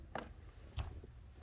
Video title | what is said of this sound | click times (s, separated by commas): The Ever Versatile TRAXXAS 8120 Expedition Rack For TRX4 | then i snap it down and | 0.2 s, 0.8 s